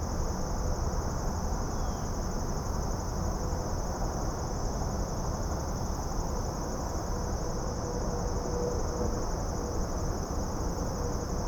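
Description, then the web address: Insects produce a constant high drone over a persistent low background rumble. Suburban setting, daytime ambience. "Suburban din day insects. boom library Urban and Suburban"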